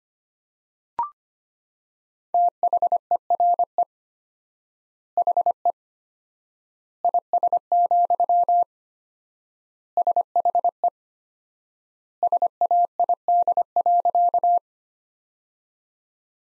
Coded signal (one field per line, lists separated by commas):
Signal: Morse code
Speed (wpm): 25 wpm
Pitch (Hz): 700 Hz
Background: none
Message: THERE HE IS, SHE SAID.